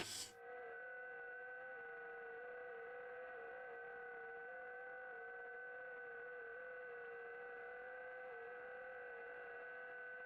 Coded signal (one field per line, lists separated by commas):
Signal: FT8